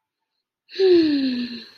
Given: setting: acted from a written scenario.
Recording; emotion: vocal sound without words; guilt